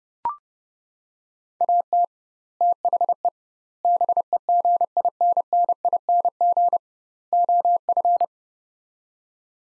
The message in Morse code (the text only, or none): AT THE BEGINNING OF